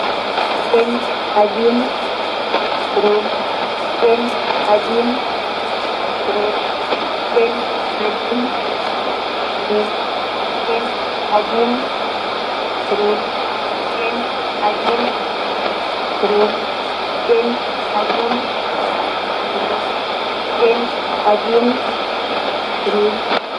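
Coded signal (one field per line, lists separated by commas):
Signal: numbers station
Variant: S06s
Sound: faint, evenly spaced short spoken words buried under strong shortwave static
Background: radio static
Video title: 10 08 2015 Numbers Station S06s 0832 on 8221 CUSB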